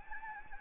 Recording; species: mosquito wingbeat signal from an infrared sensor; Anopheles gambiae